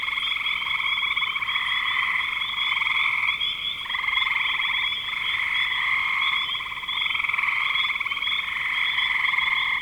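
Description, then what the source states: Frog chorus of overlapping shrill trills, nearly unbroken, with a few brief lulls. Recorded in spring 2025.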